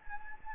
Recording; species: mosquito wingbeat signal from an infrared sensor; Anopheles gambiae